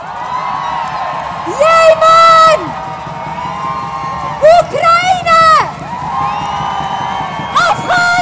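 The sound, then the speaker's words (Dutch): A large crowd at a feminist march on International Women's Day, 8 March 2026, roars and shouts loudly in three surging bursts, each answering a single voice calling out countries and cities being bombed, such as Lebanon and Beirut, over a steady murmur of people. “Wanneer ik deze plekken noem, Wanneer ik een land noem die nu illegaal gebombardeerd wordt, wil ik jullie luid horen schreeuwen.”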